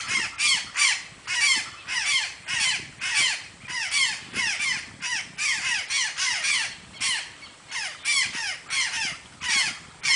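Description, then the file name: Azure jay giving harsh, raspy calls in a fast, uneven series. "gralha azul"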